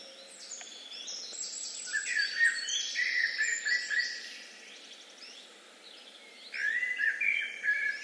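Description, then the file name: Common blackbird song: rich warbled phrase with scratchy high flourishes, a pause, then another fluty phrase. "Turdus merula"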